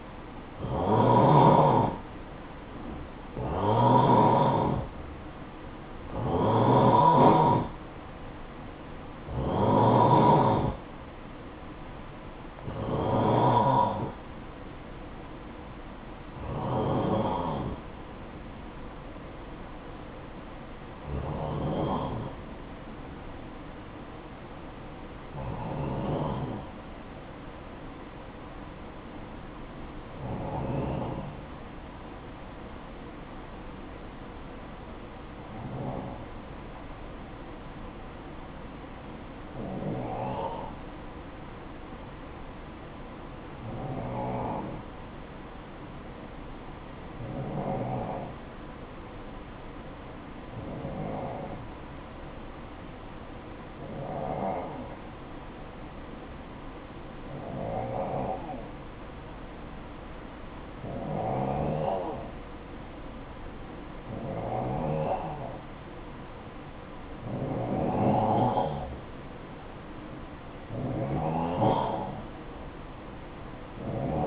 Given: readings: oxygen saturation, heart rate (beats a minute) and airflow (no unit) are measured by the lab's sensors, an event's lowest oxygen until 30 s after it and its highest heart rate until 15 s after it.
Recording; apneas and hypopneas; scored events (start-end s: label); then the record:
breathing in sleep by a voice recorder at the bedside; 1
23.00-69.40 s: hypopnea (N1, oxygen 95% highest, then 91% lowest, heart rate 53 at the start, 60 highest)
From the record:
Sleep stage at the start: N1 (lightest sleep); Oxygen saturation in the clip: 90 to 95%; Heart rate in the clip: 53 to 60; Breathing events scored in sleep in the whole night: 573 in 9.8 hours asleep